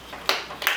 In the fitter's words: and you can probably hear them snap